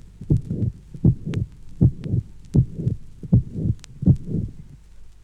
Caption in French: Capté à la pointe, le plus banal des souffles extracardiaques, facile à reconnaître par son temps télésystolique.